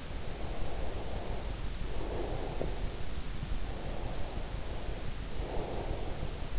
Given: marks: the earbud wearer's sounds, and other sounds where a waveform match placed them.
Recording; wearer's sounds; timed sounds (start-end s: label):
sounds in sleep by an in-ear microphone; breath
0.16-3.19 s: breath
3.67-6.59 s: breath